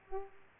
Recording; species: mosquito wingbeat signal from an infrared sensor; Aedes aegypti